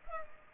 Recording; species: mosquito wingbeat signal from an infrared sensor; Culex pipiens